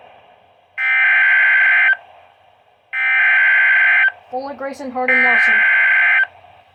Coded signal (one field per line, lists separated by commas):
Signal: Emergency Alert System (SAME) tones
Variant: header bursts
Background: speech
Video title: HELPLESS - EAS Alerts from 3/14/24 to 3/15/24 #12-20